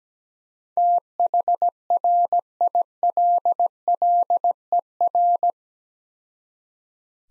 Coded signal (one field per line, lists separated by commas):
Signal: Morse code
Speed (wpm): 17 wpm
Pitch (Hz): 700 Hz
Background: none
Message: THRILLER